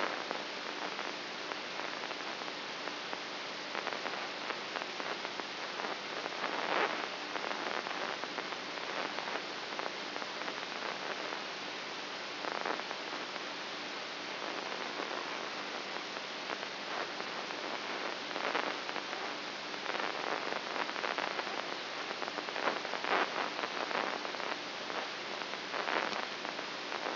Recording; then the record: brain microelectrode recording played as sound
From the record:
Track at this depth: inside the subthalamic nucleus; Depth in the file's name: 6.04 mm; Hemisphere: right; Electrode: 2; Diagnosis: Parkinson's disease